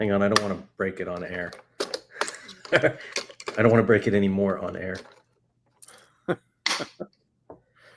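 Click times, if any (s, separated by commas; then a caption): 6.7 s. Someone talks, then handles a plastic part, possibly the canopy, of a large toy helicopter, carefully fitting it into the helicopter body without breaking it. A few quiet plastic clicks lead to a sharp, satisfying snap at 6.7 s as the part seats into place, followed by softer handling ticks.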